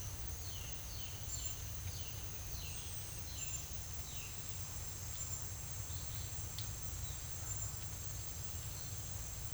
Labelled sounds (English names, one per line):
Violaceous Jay